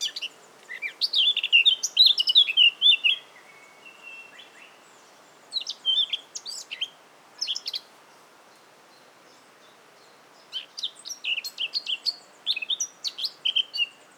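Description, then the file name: Eurasian blackcap singing a rich warbling phrase with fluty notes, then scattered scratchy chips and a later burst of quick twittering notes, separated by pauses. "Sylvia atricapilla"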